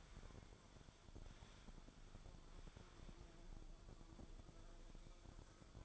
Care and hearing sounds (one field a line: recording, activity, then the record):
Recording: daily activity, microphone in the room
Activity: wipe stove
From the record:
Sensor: 5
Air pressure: 1015.2 hPa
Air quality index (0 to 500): 212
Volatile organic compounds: 11 ppm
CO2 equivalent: 2306 ppm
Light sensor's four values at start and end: 35/84/34/37 and 35/83/34/36